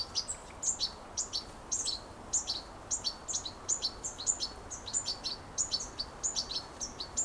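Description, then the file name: European goldfinch twittering in quick, bright paired and tripled notes, repeated regularly with short gaps, against faint background hiss. "Carduelis carduelis"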